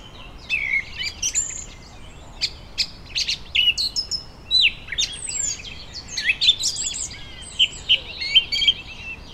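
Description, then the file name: Birds singing: several overlapping high chirps, trills and quick whistled notes. Birds in a vineyard on a summer evening in Germany. "nature vineyard ambience summer evening birds occassional voice distant traffic germany"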